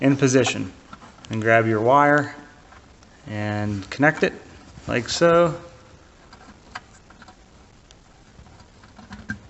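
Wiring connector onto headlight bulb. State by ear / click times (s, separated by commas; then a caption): not seated / none. Someone talks while handling the wiring plug for the H7 low beam bulb in the driver's side (left) headlight housing of a Volkswagen Golf Mk4, then pushes the plug onto the back of the bulb. After the talking, faint ticks and handling noises follow. Nothing has seated or clicked yet by the end of the clip.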